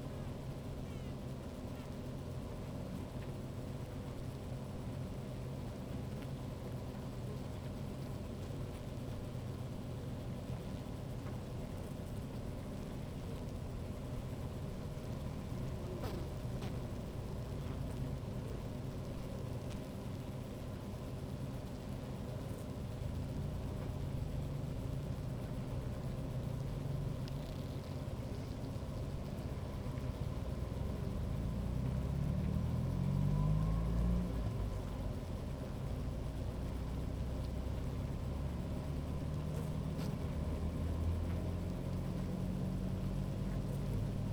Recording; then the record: honeybee colony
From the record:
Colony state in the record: active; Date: 28 July 2017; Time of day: 15:01